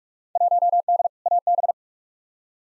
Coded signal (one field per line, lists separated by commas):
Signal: Morse code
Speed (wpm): 45 wpm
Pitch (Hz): 700 Hz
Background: none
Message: 1D AB